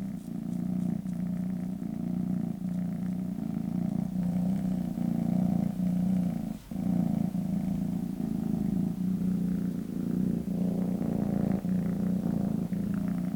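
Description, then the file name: Cat purring, a low steady rumble that pauses for a moment midway, then resumes with the same even breathing rhythm. "kissa kehraa"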